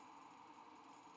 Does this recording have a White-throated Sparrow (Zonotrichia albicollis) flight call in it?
no